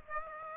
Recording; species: mosquito wingbeat signal from an infrared sensor; Aedes aegypti